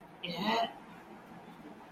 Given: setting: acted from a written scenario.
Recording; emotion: vocal sound without words; disgust